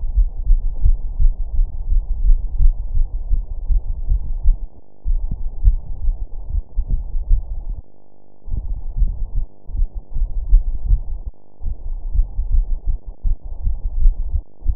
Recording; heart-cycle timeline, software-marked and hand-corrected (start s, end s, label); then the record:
heart sounds
0.00	0.48	diastole
0.48	0.62	S1
0.62	0.84	systole
0.84	0.98	S2
0.98	2.22	diastole
2.22	2.38	S1
2.38	2.62	systole
2.62	2.76	S2
2.76	4.10	diastole
4.10	4.22	S1
4.22	4.46	systole
4.46	4.56	S2
4.56	5.64	diastole
5.64	5.78	S1
5.78	6.04	systole
6.04	6.16	S2
6.16	7.30	diastole
7.30	7.44	S1
7.44	7.68	systole
7.68	7.76	S2
7.76	9.00	diastole
9.00	9.12	S1
9.12	9.34	systole
9.34	9.42	S2
9.42	10.50	diastole
10.50	10.62	S1
10.62	10.86	systole
10.86	11.00	S2
11.00	12.16	diastole
12.16	12.28	S1
12.28	12.52	systole
12.52	12.66	S2
12.66	13.98	diastole
13.98	14.12	S1
14.12	14.32	systole
14.32	14.40	S2
14.40	14.75	diastole
From the record:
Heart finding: coronary artery disease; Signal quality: good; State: rest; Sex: female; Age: 64 years